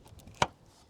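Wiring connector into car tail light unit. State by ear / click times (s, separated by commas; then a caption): seated / 0.4 s. A wiring connector is pushed onto the replacement rear tail light unit of an Evoque. After a few faint ticks, a single sharp click sounds at 0.4 s, and the connector seats in place.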